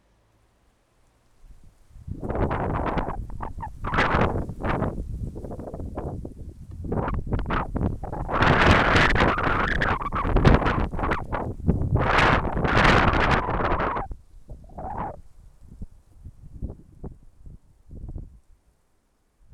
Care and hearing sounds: everyday scene through a hearing-aid microphone; wind on the microphone; wind, traffic, birds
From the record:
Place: suburban garden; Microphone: behind the ear, left, rear

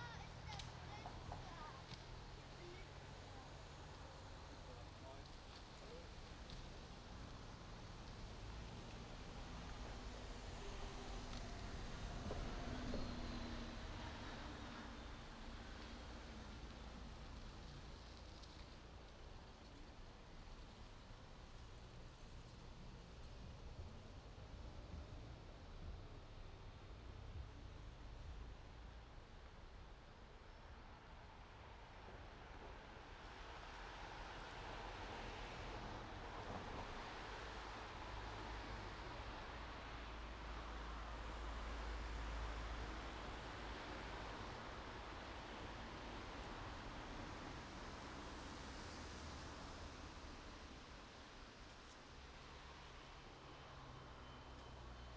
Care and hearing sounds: everyday scene through a hearing-aid microphone; in traffic; traffic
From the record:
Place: main road on the outskirts, rush hour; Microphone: in the ear canal, right

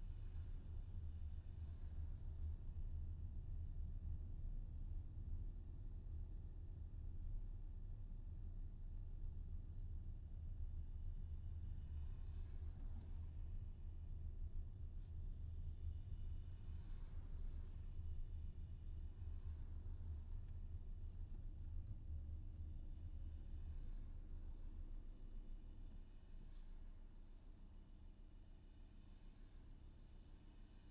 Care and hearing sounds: everyday scene through a hearing-aid microphone; in a vehicle; engine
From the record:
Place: VW T5 Caravelle, diesel engine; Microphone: in the ear canal, left

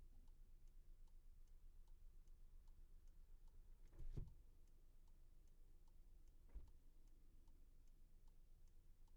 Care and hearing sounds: everyday scene through a hearing-aid microphone; in a vehicle; engine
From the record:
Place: Skoda Fabia, gasoline engine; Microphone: behind the ear, left, front

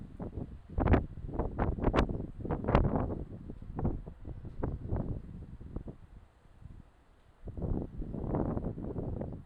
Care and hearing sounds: everyday scene through a hearing-aid microphone; wind on the microphone; squally wind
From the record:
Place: parking lot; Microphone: in the ear canal, left

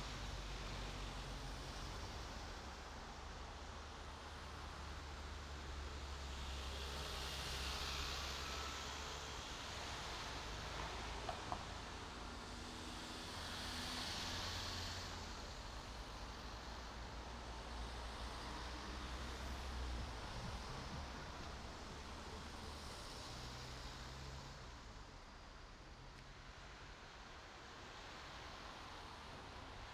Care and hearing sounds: everyday scene through a hearing-aid microphone; in traffic; traffic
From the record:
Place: main road on the outskirts, rush hour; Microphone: in the ear canal, right

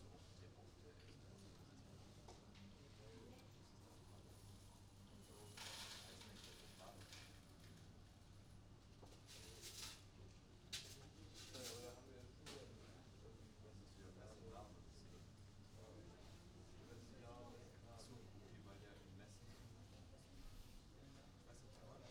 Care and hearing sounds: everyday scene through a hearing-aid microphone; many people talking; many voices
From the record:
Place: university cafeteria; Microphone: in the ear canal, right

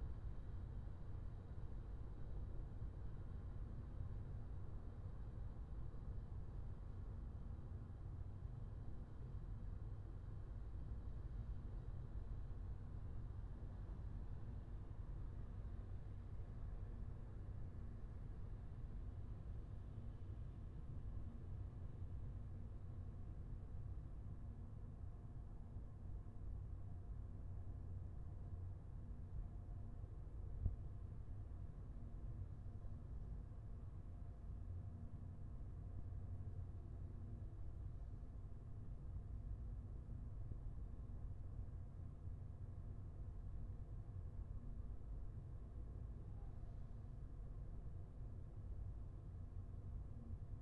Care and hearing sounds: everyday scene through a hearing-aid microphone; in a vehicle; engine, highway driving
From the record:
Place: Skoda Fabia, gasoline engine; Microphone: behind the ear, left, front

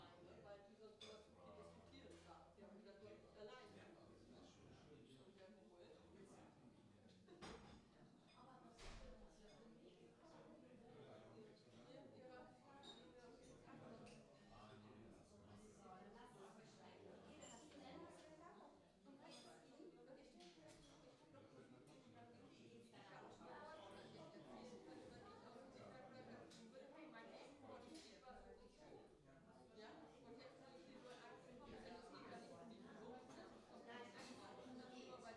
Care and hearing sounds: everyday scene through a hearing-aid microphone; many people talking; many voices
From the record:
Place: parish hall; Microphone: in the ear canal, left

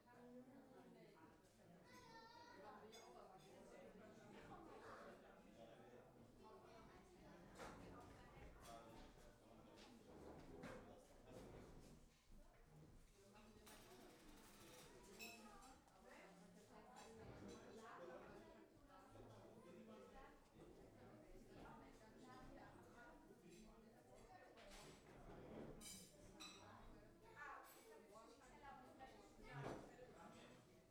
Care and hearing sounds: everyday scene through a hearing-aid microphone; many people talking; many voices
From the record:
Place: parish hall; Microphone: behind the ear, left, front

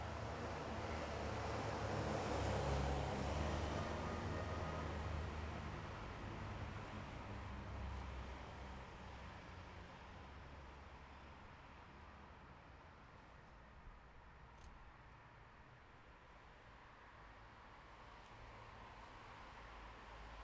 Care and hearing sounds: everyday scene through a hearing-aid microphone; in traffic; traffic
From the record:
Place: bus stop on a city main road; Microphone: behind the ear, left, rear

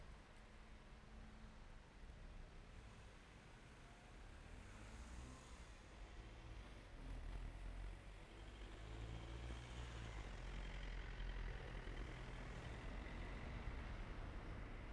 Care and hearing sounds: everyday scene through a hearing-aid microphone; in traffic; traffic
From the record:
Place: main road on the outskirts, rush hour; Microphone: behind the ear, right, rear

